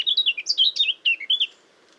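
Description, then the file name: Eurasian blackcap phrase, a brisk run of clear whistled and twittering notes lasting about one and a half seconds, followed by quiet. "Sylvia atricapilla"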